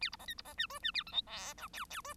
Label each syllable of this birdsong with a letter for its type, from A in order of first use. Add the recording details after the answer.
A B C D B C E F E A G H I J K K F. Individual Bird1